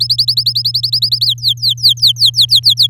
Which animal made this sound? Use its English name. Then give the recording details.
Domestic Canary. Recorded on 7 May 2018 at 07:39. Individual llb16